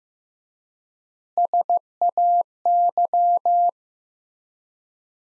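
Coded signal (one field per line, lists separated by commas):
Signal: Morse code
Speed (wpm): 15 wpm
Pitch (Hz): 700 Hz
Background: none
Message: SAY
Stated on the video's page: Morse practice sentences at 15 wpm with 3x standard word spacing, a word-based method analogous to Farnsworth.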